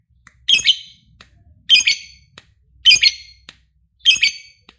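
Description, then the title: Lovebird squawks, four harsh, shrill, buzzy calls spaced a little over a second apart, with quiet gaps between. Played to make a lazy lovebird excited and spontaneously start singing. "LOVEBIRD Malas Bunyi JADI GREGET SPONTAN Langsung NARIK"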